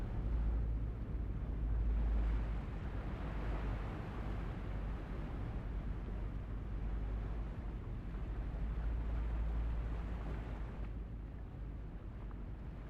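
Ocean waves wash in under a thick, steady bed of deep brown noise that fills the low end throughout. The surf swells gently around two to four seconds and again near ten, then eases slightly toward the end, with no clear beat standing out.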